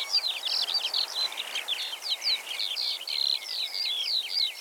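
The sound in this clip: Eurasian skylark song: a continuous rapid stream of high chirping, trilled and warbled notes with no pauses, over faint background hiss.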